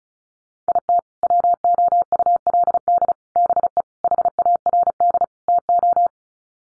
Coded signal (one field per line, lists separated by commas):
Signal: Morse code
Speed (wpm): 34 wpm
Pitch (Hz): 700 Hz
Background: none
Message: IT WOULD BE HARD TO